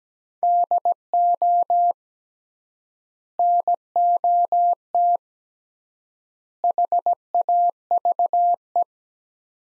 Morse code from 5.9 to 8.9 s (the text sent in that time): HAVE